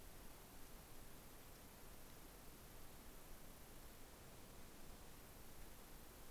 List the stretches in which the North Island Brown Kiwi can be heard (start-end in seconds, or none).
none